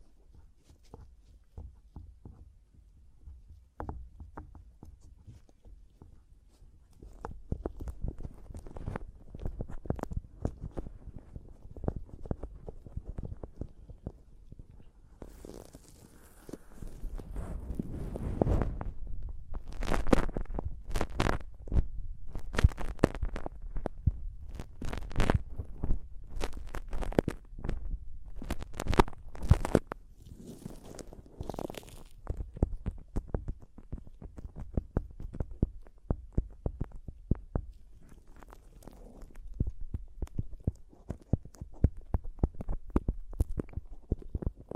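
Fingers tap and scratch on a microphone in close, dull thumps and scrapes that come in dense, irregular bursts. Quiet for the first few seconds, the handling grows busier around ten seconds and heaviest between fifteen and thirty, with sharp crackling scratches mixed in.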